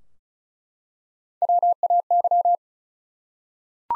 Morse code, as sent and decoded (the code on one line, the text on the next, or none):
.-- .- -.--
WAY